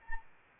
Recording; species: mosquito wingbeat signal from an infrared sensor; Anopheles arabiensis